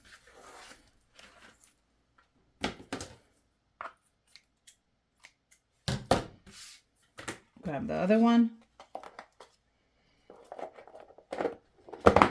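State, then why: Seated. A plastic lid is pushed down onto a second plastic container and clicks shut, with sharp clicks at 12.1 s and 12.2 s. Earlier there are scattered handling taps and rustles, and someone talks.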